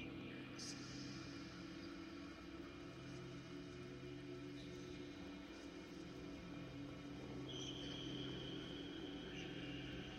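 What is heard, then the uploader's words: Heavily processed field-recording fragments sit over a steady bed of warm tape noise and low droning feedback hum. The texture stays dense and even throughout, with faint, blurred voice-like murmurs and brief bright tones flickering in near the start and again around eight seconds. The inspiration for »lwrcs« was mainly driven by the feedback-like howling of the wind in the original field recording. It’s rich in frequencies but also has something eerie yet warm to it.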